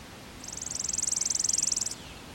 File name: Chipping Sparrow